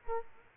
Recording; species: mosquito wingbeat signal from an infrared sensor; Culex quinquefasciatus